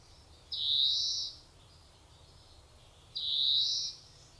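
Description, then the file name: European greenfinch giving two drawn-out buzzy nasal wheezes about two and a half seconds apart, over a soft steady background hum. "Chloris chloris"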